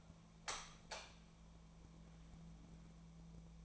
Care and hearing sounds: daily activity, microphone in the room; light on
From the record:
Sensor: 1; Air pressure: 1000.0 hPa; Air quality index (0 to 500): 130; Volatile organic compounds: 2 ppm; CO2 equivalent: 1235 ppm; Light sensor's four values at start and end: 34/86/36/44 and 37/100/41/49

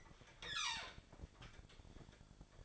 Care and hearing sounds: daily activity, microphone in the room; open fridge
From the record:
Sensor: 5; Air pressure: 1007.9 hPa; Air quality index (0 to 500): 90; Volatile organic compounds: 1 ppm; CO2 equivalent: 711 ppm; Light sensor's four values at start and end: 39/90/37/39 and 39/90/38/39

